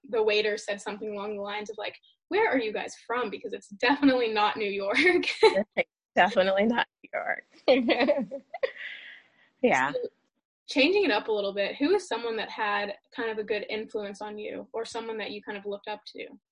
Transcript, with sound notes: the waiter said something along the lines of like “where are you guys from because it’s definitely not New York” (laughter)
Definitely not New York. (Laughter)
Changing it up a little bit, who is someone that had kind of a good influence on you or someone that you kind of looked up to?